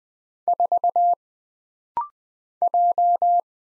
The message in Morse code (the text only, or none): 4 J